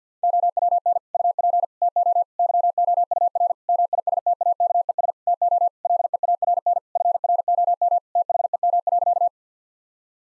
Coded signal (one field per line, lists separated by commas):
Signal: Morse code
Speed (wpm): 50 wpm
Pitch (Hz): 700 Hz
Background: none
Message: OWN UP TO YOUR MISTAKES TO LEARN FROM THEM.